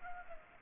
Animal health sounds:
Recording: mosquito wingbeat signal from an infrared sensor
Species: Culex pipiens

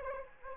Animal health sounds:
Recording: mosquito wingbeat signal from an infrared sensor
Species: Anopheles arabiensis

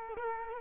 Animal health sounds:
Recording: mosquito wingbeat signal from an infrared sensor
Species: Culex quinquefasciatus

